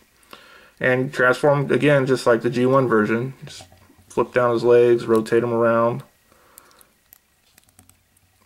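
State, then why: Seated. A small plastic cover is pressed back onto a miniature transforming robot toy and snaps into place with a short, sharp click at 0.3 s. Someone then talks, and a few faint ticks follow near the end.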